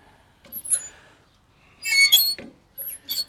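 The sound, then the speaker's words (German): A high, thin squeak from something that needs oil, followed by a louder, harsher burst of squeals, then a few shorter squeaks, all without any talking. “Quietscht immer noch. Ja, wird sich auch nicht ändern, wenn ich kein Öl dran tue.”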